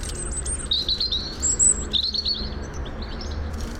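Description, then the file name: European robin song: high, thin warbling phrases with sharp whistled notes and quick trills, in short bursts over steady low background noise. "Erithacus rubecula"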